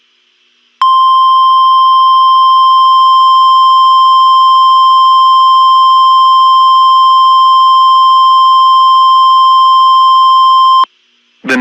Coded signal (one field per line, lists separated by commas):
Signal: Emergency Alert System (SAME) tones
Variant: 1050 Hz attention tone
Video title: TMYK and Dixdos EAS Scenario Orange Night II